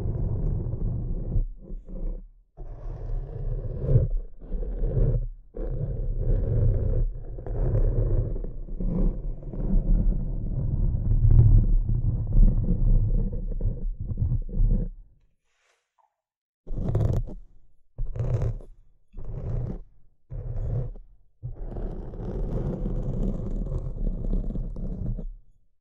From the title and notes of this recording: ASMR Relaxing Tapping & Scratching Rode Mic Test (No Talking).